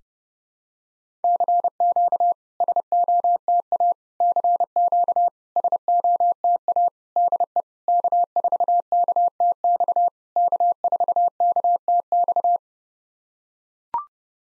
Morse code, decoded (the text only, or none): CQ SOTA CQ SOTA DE K4KTX K4KTX